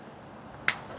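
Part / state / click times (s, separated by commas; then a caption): airgun pellet into cartridge holder / seated / 0.7 s. A 68-grain Apex pellet or slug is pushed down the bore of a small cartridge-style ammo holder for a .45 caliber pump-action airgun kit. After a quiet background, a single sharp click sounds at 0.7 s. The pellet seats in the holder and stays in place.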